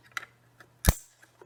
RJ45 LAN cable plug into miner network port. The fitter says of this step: So that it clicked into place.